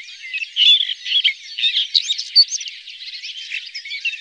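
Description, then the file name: Red-backed shrike in a jumbled, scratchy warble of squeaks, chatters and brief whistled notes, steady and high-pitched with a few louder accents. "Tornskata"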